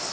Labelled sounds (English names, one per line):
Louisiana Waterthrush flight call